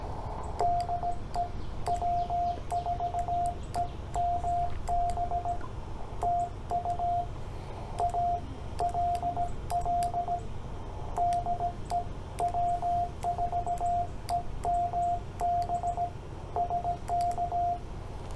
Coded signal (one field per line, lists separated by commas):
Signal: Morse code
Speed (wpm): 16 wpm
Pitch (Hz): 700 Hz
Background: radio noise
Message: DE W4EMB TU ALL DE W4EMB SK